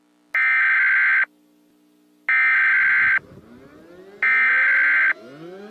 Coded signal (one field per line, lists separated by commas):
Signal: Emergency Alert System (SAME) tones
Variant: header bursts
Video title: Solar Strike: An EAS Mock